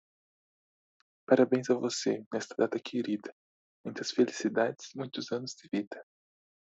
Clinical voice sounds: short text; Brazilian Portuguese; male; 20 to 29 years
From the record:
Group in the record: control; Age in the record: 22 years

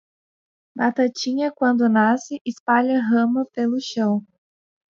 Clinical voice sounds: short text; Brazilian Portuguese; female; 20 to 29 years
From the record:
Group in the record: control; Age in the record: 21 years

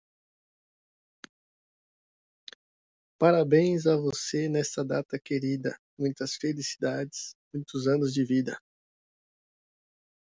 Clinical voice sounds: short text; Brazilian Portuguese; male; 30 to 39 years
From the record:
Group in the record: control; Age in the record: 37 years

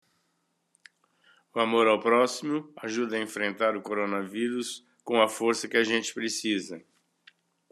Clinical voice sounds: spoken sentence; Brazilian Portuguese; male; 60 to 69 years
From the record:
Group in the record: control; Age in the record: 68 years

